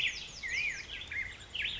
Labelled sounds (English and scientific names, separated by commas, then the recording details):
Black-headed Grosbeak (Pheucticus melanocephalus)
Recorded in Sonoma County, California